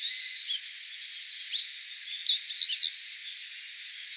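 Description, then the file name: Japanese wagtail calls: a short run of three loud, twisting chirps in the middle, over a steady high whirring background. "segurosekirei"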